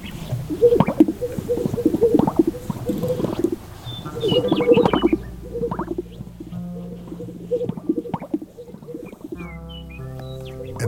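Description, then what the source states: Greater Sage-Grouse display: rapid low popping and bubbling pulses in clusters for about five seconds, then sustained tonal instrument-like notes take over. Males displaying on a lek near Burns, Oregon, in springtime, vying for hens in a mating ritual: breasts puffed, tails fanned, wings out, shimmying on the ground in a threatening manner.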